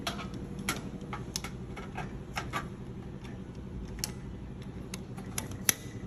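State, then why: Seated. A replacement gas valve assembly for a GE JS760SEL2SS gas range is pushed back onto the range manifold, and its clips snap into place at several points. Sharp clicks are heard at 1.4, 4.0, 5.4 and 5.7 seconds over a low steady hum, with the last snap the loudest. The valve ends up seated on the manifold.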